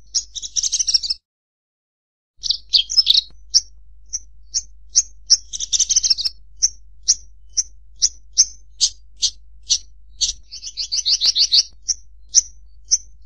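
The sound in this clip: Bird song of high buzzy bursts and clipped chips, a short gap, then steady sharp notes and a fast trilled run.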